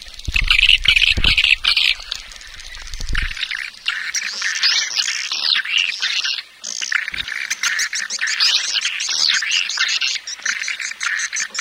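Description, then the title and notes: Swiftlets twittering in a steady high chorus, with low rumbling thumps in the first three seconds and a brief knock near the seventh second. Swiftlet farming sound, Asia. "Swiflet Bird Sound. Farming Swiflet Bird asia sound"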